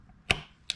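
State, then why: Seated. A new metal retaining clip is pushed onto a transmission shift pin in a CB360 motorcycle gearbox; it is a little hard to push in. It snaps into place with sharp metallic clicks at 0.3 s and 0.7 s, and the clicks show it is seated correctly.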